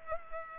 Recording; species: mosquito wingbeat signal from an infrared sensor; Culex pipiens